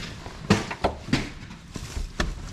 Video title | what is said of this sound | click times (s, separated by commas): 2007 Chevy Silverado 5.3 Fuel Injector replacement | There you go. It just snaps down in. | 2.2 s